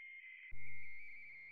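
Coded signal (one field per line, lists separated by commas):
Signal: RTTY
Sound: brief hiss, then a warbling two-tone teleprinter chirp flipping between close pitches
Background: low hum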